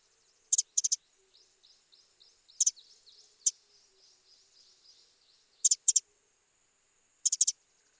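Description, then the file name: Eurasian wren calls: loud dry tick notes in doubles and triples, repeated every couple of seconds, with faint high chirping behind. "Troglodytes troglodytes"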